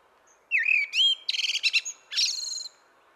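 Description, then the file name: Common blackbird song: a fluted whistled phrase curving around a low pitch, then buzzy notes and a high squeaky twitter ending the phrase, in a quiet background. "Turdus merula"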